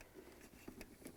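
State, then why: Not seated. A plastic dispenser switch is lined up over its mounting post in the dispenser housing of an LG/Kenmore refrigerator (dispenser cover MCK66542801), with only quiet handling taps near 0.8 s and 1.1 s. It has not been pressed in yet, and nothing has clicked or seated.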